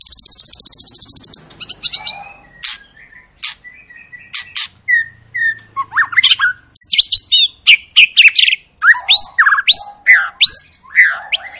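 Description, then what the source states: White-rumped shama song starting with a fast, buzzy high trill, then scattered whistles, followed by a quick run of sharp, sweeping chirped notes. Long lure song (pancingan) of a shama singing vigorously (gacor), meant to prompt other birds to sing.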